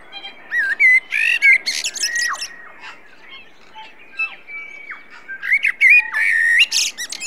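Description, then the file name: Common blackbird song of mellow whistles with falling slurs, broken by high squeaky twittering bursts, two busy phrases with a quieter stretch between them. "Turdus merula"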